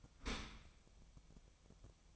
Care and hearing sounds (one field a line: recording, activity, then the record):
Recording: daily activity, microphone in the room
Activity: open dishwasher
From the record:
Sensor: 1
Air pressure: 1004.7 hPa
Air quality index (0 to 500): 119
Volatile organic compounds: 4 ppm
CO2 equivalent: 1649 ppm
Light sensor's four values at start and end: 9/21/8/9 and 9/21/8/9